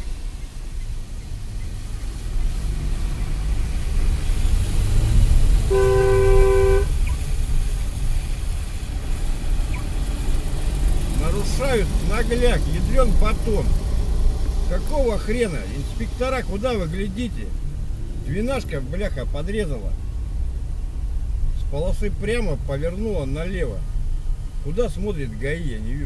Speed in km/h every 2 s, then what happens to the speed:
0, 7, 20, 25, 21, 20, 17, 16, 17, 15, 18, 20, 17.
1-5 pulls away to 25. 13-26 steady at about 17.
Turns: none.